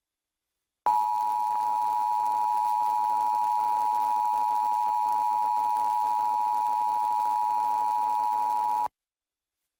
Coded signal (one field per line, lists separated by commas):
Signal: Emergency Alert System (SAME) tones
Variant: 853 and 960 Hz attention tone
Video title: Pennsylvania RMT for March 2025 [EAS #1,925-1,930]